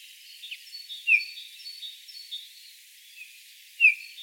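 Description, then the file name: Eurasian bullfinch giving two short soft descending piping notes about three seconds apart, over faint twittering from other birds. "Pyrrhula pyrrhula"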